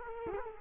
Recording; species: mosquito wingbeat signal from an infrared sensor; Culex quinquefasciatus